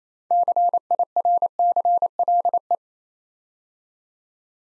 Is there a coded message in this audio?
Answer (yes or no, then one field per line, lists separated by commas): yes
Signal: Morse code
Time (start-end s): 0.3-2.8 s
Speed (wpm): 27 wpm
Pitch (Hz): 700 Hz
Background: none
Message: CIRCLE